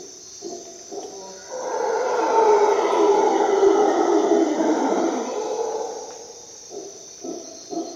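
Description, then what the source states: Howler monkey roar, quiet grunts building into a long loud rasping roar, then fading back to grunts, with steady insect buzz above. At dawn in the jungle of Costa Rica, during an expedition.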